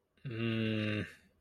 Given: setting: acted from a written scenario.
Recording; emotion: vocal sound without words; confusion